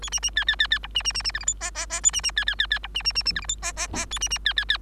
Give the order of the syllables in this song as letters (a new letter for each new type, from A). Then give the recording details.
A B B C C C C D B B B B E F G H H H A B B C C C C D B B B B E F G H H H A B B C C C. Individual Bird3